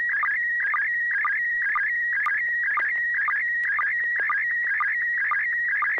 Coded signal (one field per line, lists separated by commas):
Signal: SSTV (slow-scan television)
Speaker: Joel if you want to kick off the first uh picture transmission go right ahead